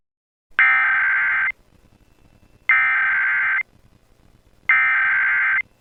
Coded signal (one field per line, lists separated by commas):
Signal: Emergency Alert System (SAME) tones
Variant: header bursts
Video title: 2011 National EAS Test Hijack Remake